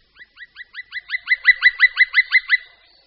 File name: Datel-černý